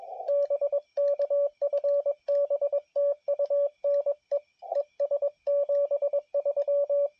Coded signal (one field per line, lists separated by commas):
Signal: Morse code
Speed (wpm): 21 wpm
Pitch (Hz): 570 Hz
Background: radio noise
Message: BK FB TU NE ES 73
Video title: POTA Activation at Uinta National Forest